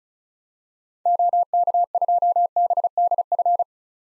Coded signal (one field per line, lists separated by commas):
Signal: Morse code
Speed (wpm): 36 wpm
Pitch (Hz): 700 Hz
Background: none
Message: OK2BDF